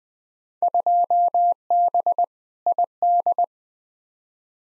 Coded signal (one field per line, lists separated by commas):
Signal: Morse code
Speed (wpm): 20 wpm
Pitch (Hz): 700 Hz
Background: none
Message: 2B ID